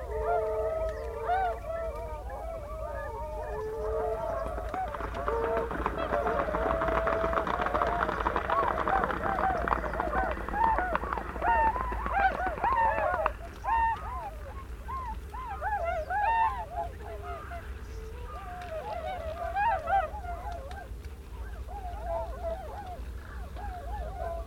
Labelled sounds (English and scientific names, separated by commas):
Tundra Swan (Cygnus columbianus) call